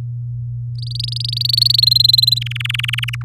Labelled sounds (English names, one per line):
Domestic Canary song